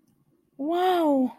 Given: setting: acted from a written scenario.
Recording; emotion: vocal sound without words; realization